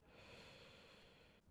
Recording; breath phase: one breath near a microphone; inhalation